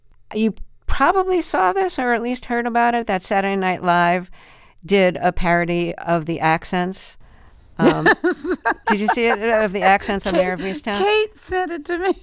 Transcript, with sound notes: You probably saw this or at least heard about it - that "Saturday Night Live" did a parody of the accents.
Yes (laughter).
Did you see it - of the accents of "Mare Of Easttown"?
Kate sent it to me